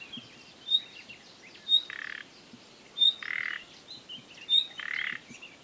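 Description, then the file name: Common nightingale calls: sharp high whistles, most followed by a rough croaking note, repeated several times. "Luscinia megarhynchos"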